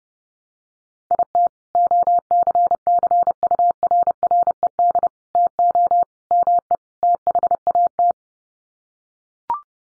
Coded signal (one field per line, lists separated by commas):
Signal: Morse code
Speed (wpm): 30 wpm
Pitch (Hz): 700 Hz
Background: none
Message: IT OCCURRED TO ME THAT